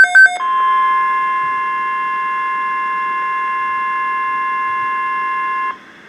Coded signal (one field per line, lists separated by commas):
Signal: Emergency Alert System (SAME) tones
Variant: 1050 Hz attention tone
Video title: Severe Thunderstorm Watch #393 (EAS #1589)